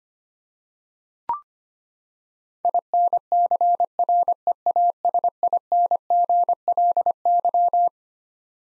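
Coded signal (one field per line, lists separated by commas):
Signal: Morse code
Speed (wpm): 25 wpm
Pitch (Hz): 700 Hz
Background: none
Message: INCREASINGLY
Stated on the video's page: Morse head-copy drill of twelve-letter words at 25 wpm; each word sent, spoken, then sent again.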